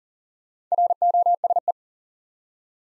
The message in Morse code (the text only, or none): ROSE